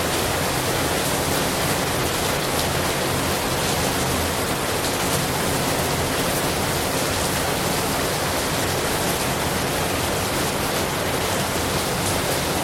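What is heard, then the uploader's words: Rain falls close by in a dense, even hiss that fills everything from the low rumble up to the bright top end. The wash stays steady for the whole stretch, with no separate drops or pauses, only faint flickers of texture in the spray. 雨伴｜rain beside you.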